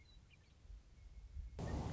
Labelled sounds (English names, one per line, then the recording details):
Western Meadowlark
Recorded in Sonoma County, California